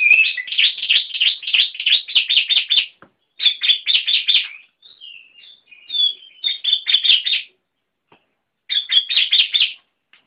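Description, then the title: Oriental magpie-robin song in dense bursts of rapid, high chattering notes, separated by brief pauses and a few soft twittering sounds. "Kicau Kacer"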